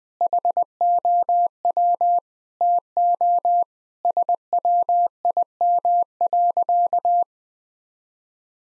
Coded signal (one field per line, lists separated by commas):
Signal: Morse code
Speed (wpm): 20 wpm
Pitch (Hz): 700 Hz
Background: none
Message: HOW TO SWIM.